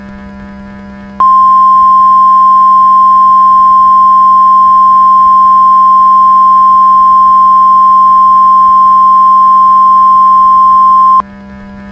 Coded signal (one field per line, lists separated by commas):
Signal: Emergency Alert System (SAME) tones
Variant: 1050 Hz attention tone